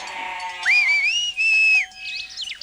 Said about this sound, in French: Réveillée dès l'aube par un coup de sifflet, Heidi comprend tout de suite que Pierre vient d'arriver et qu'il va emmener Blanchette et Brunette en haut de la montagne.